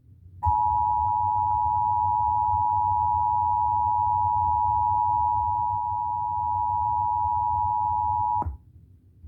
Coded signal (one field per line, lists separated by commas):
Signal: Emergency Alert System (SAME) tones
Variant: 853 and 960 Hz attention tone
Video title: (EAS #6) National Periodic Test 8/11/2021 (part 3)